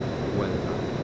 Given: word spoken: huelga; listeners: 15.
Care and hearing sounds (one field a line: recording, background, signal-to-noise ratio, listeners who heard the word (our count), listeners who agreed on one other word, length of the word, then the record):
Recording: one Spanish word in noise, from a listening test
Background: speech-shaped noise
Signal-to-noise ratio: -5.0 dB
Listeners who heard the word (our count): 1 of 15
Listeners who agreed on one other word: 6 of 15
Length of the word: 0.63 s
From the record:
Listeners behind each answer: 6, 2, 2, 1, 1, 1, 1, 1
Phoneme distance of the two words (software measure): 27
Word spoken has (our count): 2 syllables, 5 phonemes, stress on syllable 1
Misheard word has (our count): 2 syllables, 6 phonemes, stress on syllable 1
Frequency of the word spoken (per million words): 55.28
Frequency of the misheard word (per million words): 428.47